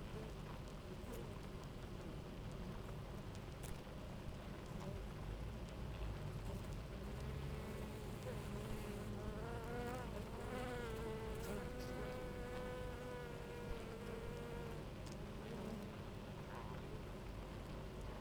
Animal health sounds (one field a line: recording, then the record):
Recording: honeybee colony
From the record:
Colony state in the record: active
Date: 28 July 2017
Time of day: 10:00